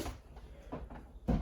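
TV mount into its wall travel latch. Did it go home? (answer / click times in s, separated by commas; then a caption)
no / none. A swing-out TV mount in a 2025 Forest River Chaparral 336TSIK RV is handled as the TV is moved back toward its wall travel latch. Low thuds and rustling are heard, rising to a louder knock near 1.3 s. Nothing has seated or clicked yet.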